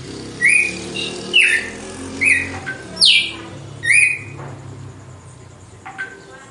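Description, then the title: Red-cowled cardinal whistling five crisp notes, some level and some falling, about one per second, followed by quiet with faint background noise. Female; song described as pure, strong, clean and measured açoite style. "Canto Galo Campina Fêmea 02. GALO DE CAMPINA, AÇOITE PURO, FORTE, LIMPO E COMPASSADO"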